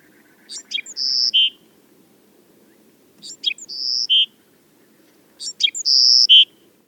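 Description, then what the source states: Loggerhead Shrike song, three phrases about every two and a half seconds, each a few sharp clicks then a high steady whistle dropping to a lower note. Opening song of Loggerhead Shrike, recording by Ed Pandolfino from Xeno-Canto.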